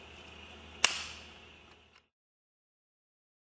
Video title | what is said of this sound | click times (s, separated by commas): CONECTOR MC4 | tighten it further until it clicks at which point you have reached the acceptable torque value please | 0.8 s